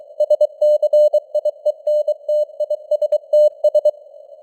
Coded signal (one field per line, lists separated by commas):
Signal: Morse code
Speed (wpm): 23 wpm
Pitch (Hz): 600 Hz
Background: none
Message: SCIENTISTS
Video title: Morse Code News | 2025-10-04 | 23wpm